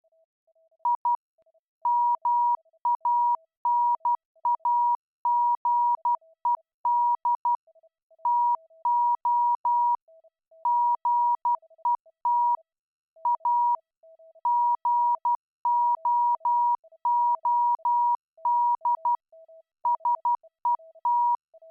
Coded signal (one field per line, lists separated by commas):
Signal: Morse code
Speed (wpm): 12 wpm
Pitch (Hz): 960 Hz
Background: none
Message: I MANAGED TO GET A GOOD SET